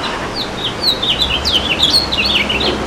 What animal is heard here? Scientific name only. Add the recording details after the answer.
Haemorhous mexicanus. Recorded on Long Island, New York, on 11 June 2012. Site OP. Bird C